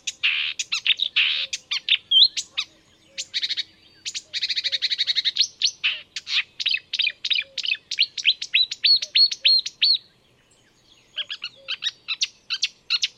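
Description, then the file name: Marsh warbler in continuous song, mixing buzzy rattles, whistled slurs and quick repeated high notes, with a brief gap near the end, faint low calls beneath. "enekes nadiposzata hangja"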